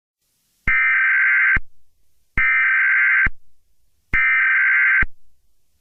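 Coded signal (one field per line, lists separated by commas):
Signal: Emergency Alert System (SAME) tones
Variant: header bursts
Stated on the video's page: Fictional EAS scenario that uses valid EAS tones.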